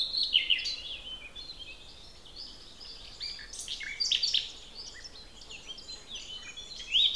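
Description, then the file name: Common nightingale delivering several bursts of varied chirps, trills and sweeping whistles. "Luscinia megarhynchos"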